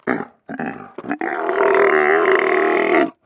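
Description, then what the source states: Camel vocalizing with short harsh grunts, then a long rough gargling roar held for nearly two seconds. Camel unhappy with a microphone in its face, vocalizing while its trainer works with it.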